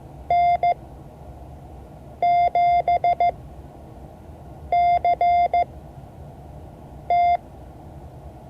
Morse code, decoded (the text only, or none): N7CT